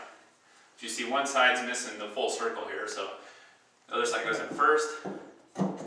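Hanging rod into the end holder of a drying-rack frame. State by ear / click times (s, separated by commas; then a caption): not seated / none. Someone talks while handling the hanging rod of a Dryerpods clothes-dryer rack, fitting it into the end holders of the drying-rack frame with the full-circle side going in first, since the other holder is missing part of its circle. Only speech and quiet handling sounds are heard, with a short knock near the end; nothing has seated or clicked yet.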